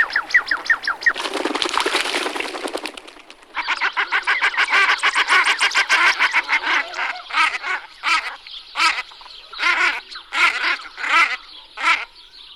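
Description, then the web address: Shelduck calls: a fast run of nasal, harmonic notes, then a harsh noisy burst, followed by steady chattering calls that break into spaced, clipped notes near the end. "anseriformes t tadorna"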